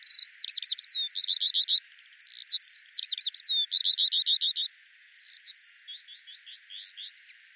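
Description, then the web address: Eurasian skylark song, fluent high warbling with quick trilled runs of repeated notes, growing fainter toward the end. "Deverinetal 2025 File cleaned normalized Bird Al Ar"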